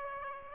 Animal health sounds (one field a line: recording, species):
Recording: mosquito wingbeat signal from an infrared sensor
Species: Aedes aegypti